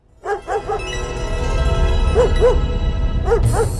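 animal, dog barking

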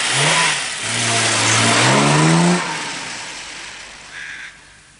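vehicle, car driving off

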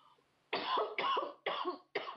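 human body sound, coughing

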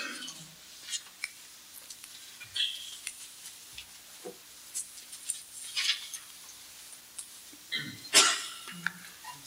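human body sound, sneeze

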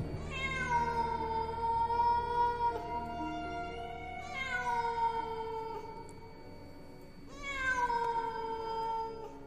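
animal, cat meowing

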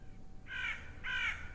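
bird, crow cawing

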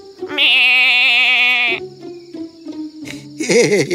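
animal, goat bleating

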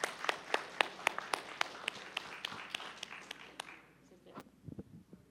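crowd, audience applause

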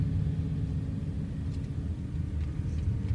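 vehicle, car driving

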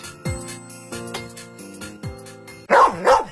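animal, dog barking

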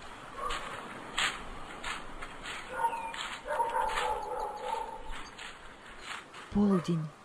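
animal, dog barking

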